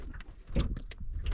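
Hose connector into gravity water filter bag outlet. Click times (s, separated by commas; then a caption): 0.9 s. A plastic hose connector is pushed onto the fitting at the bottom of a gravity water filter bag over low handling rumble, with brief sharp ticks near 0.2, 0.8 and 1.3 seconds. The connector snaps into place with a bright click at 0.9 seconds, and it is seated.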